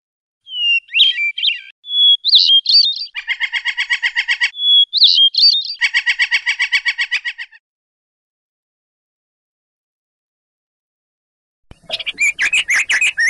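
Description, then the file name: Oriental magpie-robin song: whistled phrases alternating with long buzzy pulsed rattles. A silent gap follows, then a dense, fast, scratchy warbling starts near the end. Lure recording meant to trigger the rolling song (ngerol), with 20-second pauses between song bursts. "audio-pancingan-ngerol-kacer-jeda-20-detik-omkicau"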